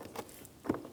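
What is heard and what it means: A four-wire plastic electrical connector is handled at its port on the door panel of a 2006-2010 Hyundai Sonata during a mirror switch replacement. Soft rustling and tapping come through, with a brief low thump near 0.7 seconds. Nothing has seated or clicked yet.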